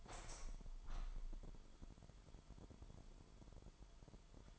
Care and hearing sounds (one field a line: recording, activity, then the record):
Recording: daily activity, microphone in the room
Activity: open window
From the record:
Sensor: 5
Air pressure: 998.2 hPa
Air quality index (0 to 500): 91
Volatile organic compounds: 2 ppm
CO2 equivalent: 1040 ppm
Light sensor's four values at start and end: 21/51/21/23 and 21/51/21/23